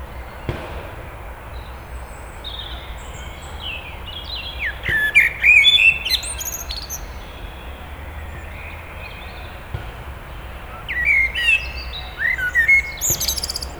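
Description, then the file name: Eurasian blackbird song in two separate phrases, each with rich fluting notes followed by high, squeaky chittering, spaced several seconds apart over faint background rumble. "Turdus merula"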